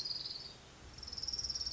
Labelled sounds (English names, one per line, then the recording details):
Orange-crowned Warbler
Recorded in Sonoma County, California